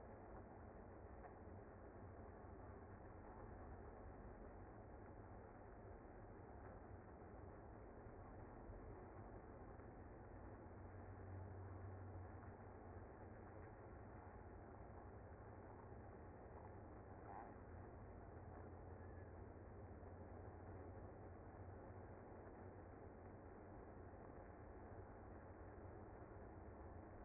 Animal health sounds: honeybee colony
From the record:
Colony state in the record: active

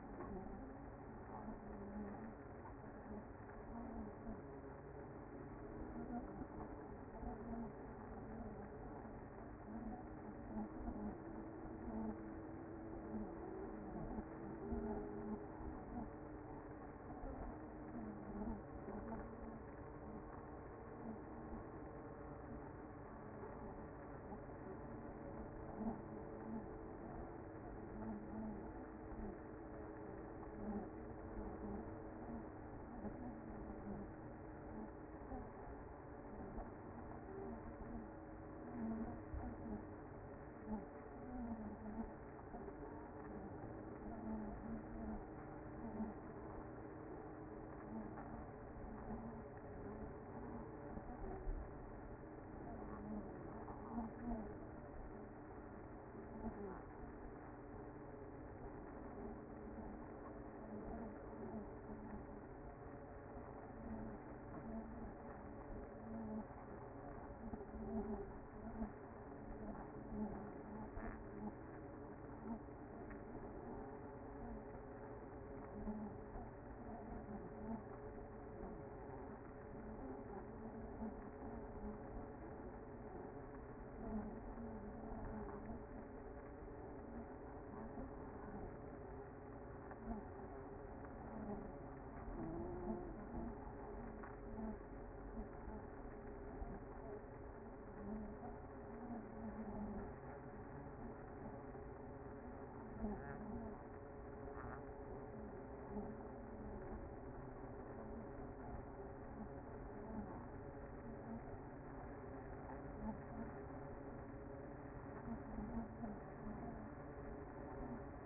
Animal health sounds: honeybee colony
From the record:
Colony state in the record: active

